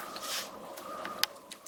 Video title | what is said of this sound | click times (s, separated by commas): Differences in the Fotga DP 500II Follow Focus | see that just locks into place like that so that's the other standard feature now this | 1.2 s